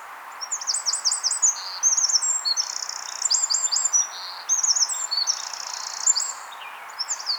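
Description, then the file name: Eurasian wren song, a long unbroken stream of high, rapid trills and bright sustained notes with only short breaks. "Troglodytes troglodytes"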